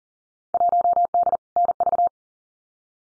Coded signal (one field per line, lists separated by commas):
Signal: Morse code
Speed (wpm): 38 wpm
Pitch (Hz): 700 Hz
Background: none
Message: 1D NV